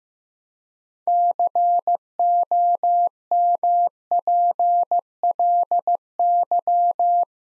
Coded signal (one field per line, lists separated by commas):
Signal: Morse code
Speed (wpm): 15 wpm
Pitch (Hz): 700 Hz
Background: none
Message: COMPLY